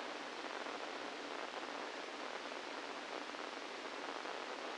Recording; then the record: brain microelectrode recording played as sound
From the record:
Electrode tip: inside the subthalamic nucleus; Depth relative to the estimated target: 0 mm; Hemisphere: left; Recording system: NeuroSet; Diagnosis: Parkinson's disease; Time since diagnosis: 17 years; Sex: male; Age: 64 years